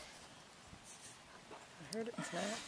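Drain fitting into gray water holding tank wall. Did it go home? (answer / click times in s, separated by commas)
no / none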